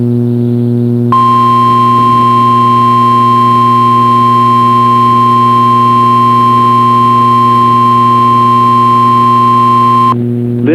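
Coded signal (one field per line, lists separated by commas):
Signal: Emergency Alert System (SAME) tones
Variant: 1050 Hz attention tone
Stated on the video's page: Required Weekly Test on NOAA Weather Radio station WXK26.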